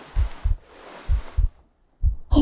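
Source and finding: Heart. Normal heartbeat.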